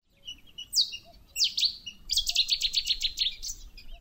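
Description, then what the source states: Cetti's warbler song: sharp, loud opening notes followed by an explosive burst of rapid, evenly repeated high notes lasting about a second and a half. Recorded in June 2000.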